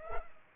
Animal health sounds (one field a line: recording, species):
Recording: mosquito wingbeat signal from an infrared sensor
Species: Culex pipiens